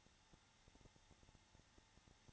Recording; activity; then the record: daily activity, microphone in the room; no activity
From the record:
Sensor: 3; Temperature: 21.3 degrees Celsius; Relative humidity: 33.3%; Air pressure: 994.5 hPa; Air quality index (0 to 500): 167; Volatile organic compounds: 3 ppm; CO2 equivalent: 1453 ppm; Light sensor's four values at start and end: 2/3/2/2 and 2/3/2/2